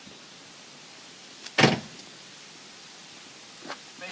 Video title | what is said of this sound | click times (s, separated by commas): 2014 Jeep Wrangler Soft Top Operations | I just found out that's the easiest way. It snaps right in. | 1.6 s